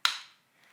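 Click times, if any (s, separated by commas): 0.0 s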